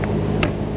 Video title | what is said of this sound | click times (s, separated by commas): How to Replace Fuel Pump Lock Ring 2007-2014 Chevrolet Silverado 2500 HD | there we go that's a click | 0.4 s